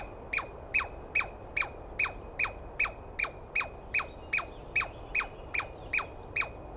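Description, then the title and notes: Douglas squirrel call: sharp, downward-sweeping chirps with a ringing upper overtone, repeated steadily about two and a half times per second, about seventeen calls. Dawn recording on 21 April 2017 in the East Cascades; a single screaming squirrel calling at length, identified by its sound rather than a clear sighting. "Interview With The Chipmunk. On the morning of 21 April, 2017, I set up my microphones and recorder for a nice dawn recording in the East Cascades. I was started awake by a screaming Douglas Pine Squirrel"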